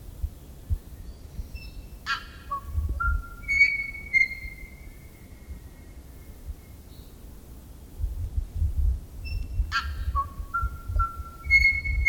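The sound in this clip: Tui song, crackling bursts followed by stepped whistled notes and a long held tone, the phrase repeated later, over a low rumble.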